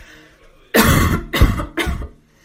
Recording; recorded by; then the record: voluntary cough; messaging app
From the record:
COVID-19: negative